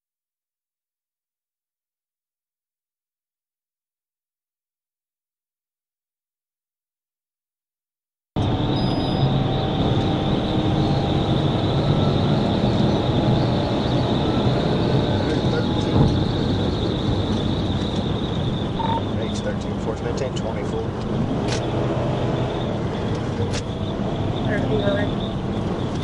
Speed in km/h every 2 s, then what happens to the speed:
150, 159, 167, 179, 185, 195, 198, 196, 174, 148, 155, 156, 145.
0-13 speeds up to 198. 13-18 brakes to 148. 18-23 speeds up to 156. 23-26 brakes to 145.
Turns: none.